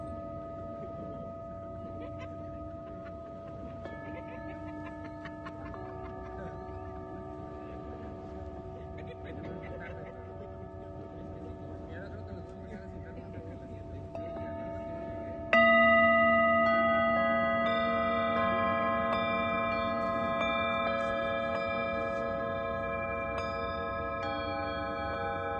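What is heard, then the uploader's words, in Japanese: A singing bowl hums with long, steady ringing tones over a low, rough wash of wind and waves. About halfway through, a fresh strike brings a louder, brighter ring with several clear overtones that slowly fades over the last ten seconds. メキシコ-カンクンより サンライズサウンドヒーリングの中継ライブをしました。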